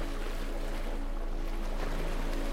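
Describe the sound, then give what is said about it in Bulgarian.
Ocean waves make a steady, continuous wash of water, with a low droning hum running underneath and no clear breaks or surges. “успокояване на нервната система и отпускане с океанските вълни”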